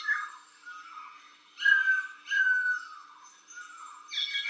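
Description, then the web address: Frogs chorusing with long whistled tones and brief metallic bursts over a continuous background of other callers. Night chorus of frogs described as metallic frogs, recorded in Colombia. "colombia Noche de ranas metalicas"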